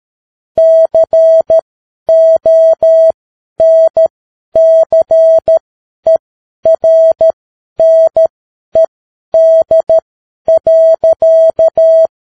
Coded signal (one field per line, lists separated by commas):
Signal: Morse code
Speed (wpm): 13 wpm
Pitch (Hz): 650 Hz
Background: none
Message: CONCERNED.